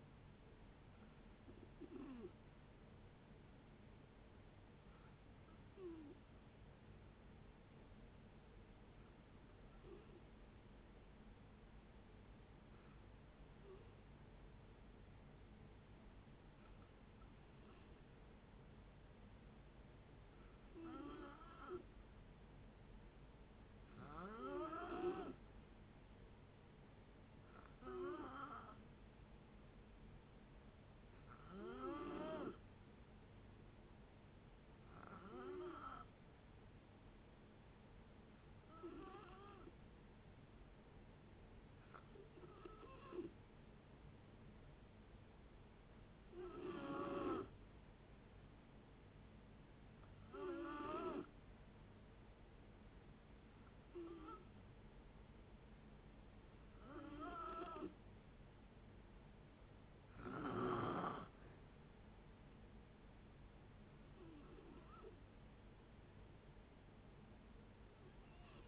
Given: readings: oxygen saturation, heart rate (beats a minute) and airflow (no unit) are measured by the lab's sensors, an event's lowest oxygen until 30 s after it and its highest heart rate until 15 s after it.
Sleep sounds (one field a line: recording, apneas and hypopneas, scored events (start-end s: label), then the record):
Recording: breathing in sleep by a voice recorder at the bedside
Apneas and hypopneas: 1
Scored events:
5.00-23.20 s: hypopnea (N2, oxygen 93% highest, then 89% lowest, heart rate 61 at the start, 62 highest)
22.00-68.68 s: new sleep stage, N3 (deep sleep)
From the record:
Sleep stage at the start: N2 (light sleep)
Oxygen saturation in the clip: 88 to 93%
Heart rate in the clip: 57 to 65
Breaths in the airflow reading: 18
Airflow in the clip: -5.6 to 4.5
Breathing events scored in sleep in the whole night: 496 in 5.4 hours asleep